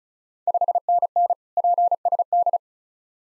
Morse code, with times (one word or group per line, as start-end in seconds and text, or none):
0.5-1.3 5NN
1.6-2.6 PSD